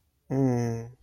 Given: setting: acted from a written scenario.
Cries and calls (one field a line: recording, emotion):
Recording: vocal sound without words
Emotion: serenity